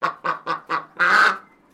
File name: BIRD DUCK PEKING QUACK AGITATED